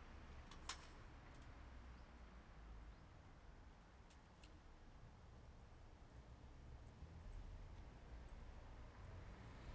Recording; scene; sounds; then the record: everyday scene through a hearing-aid microphone; in traffic; traffic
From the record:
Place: bus stop on a city main road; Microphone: behind the ear, left, front